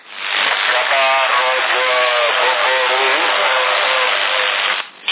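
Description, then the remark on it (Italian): A thick wash of reverb-smeared voice, the tail of an echo effect, its tones blurred into a loud, continuous wall of echo with no clear words, dipping briefly just before it ends. “E così senta anche la coda dell'eco.”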